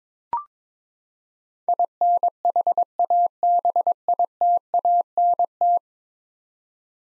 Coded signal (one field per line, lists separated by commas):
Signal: Morse code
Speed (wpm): 22 wpm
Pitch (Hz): 700 Hz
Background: none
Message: INHABITANT